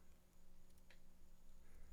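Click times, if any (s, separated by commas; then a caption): none. A plastic part of a Gundam Heavyarms Custom (EW) MG plastic model kit is pressed onto the model's lower body frame, producing only a faint tick at about 0.9 s over a low steady hum. Nothing has seated or clicked yet: the part fails to lock into place because the chest parts do not line up.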